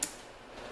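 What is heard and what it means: The mass air flow sensor harness plug is pushed into the sensor and locked during a JLT cold air intake (CAI-FMG-15) install on a 2015-2017 Mustang GT, with the harness held by a hole in the heat shield. A single sharp click sounds at 0.0 s, followed by faint low background noise. The connector is seated and locked.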